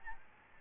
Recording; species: mosquito wingbeat signal from an infrared sensor; Aedes albopictus